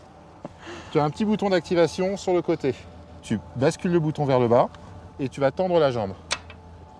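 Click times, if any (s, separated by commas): 6.5 s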